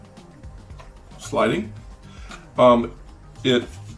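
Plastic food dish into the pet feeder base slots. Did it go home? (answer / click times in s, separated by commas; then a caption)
no / none. The single-piece plastic food dish of a WOPET automatic pet feeder, which has feet on the bottom to prevent sliding, is handled before being lifted and slid into its slots on the base. Someone talks over faint background sound, with a small soft tick near 0.8 seconds. Nothing has seated or clicked into place yet.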